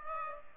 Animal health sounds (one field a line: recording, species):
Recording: mosquito wingbeat signal from an infrared sensor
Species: Culex pipiens